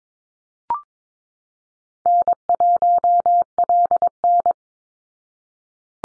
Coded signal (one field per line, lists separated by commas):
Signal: Morse code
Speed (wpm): 22 wpm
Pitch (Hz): 700 Hz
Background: none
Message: N1LN